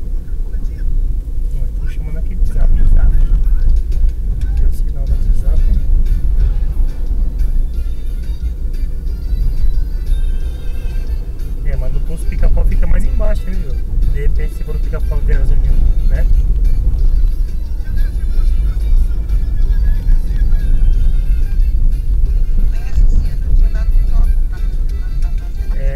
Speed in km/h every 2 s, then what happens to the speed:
33, 33, 34, 34, 35, 38, 33, 33, 30, 30, 27, 27, 27.
0-11 steady at about 34. 11-20 slows to 27. 20-26 steady at about 27.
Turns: none.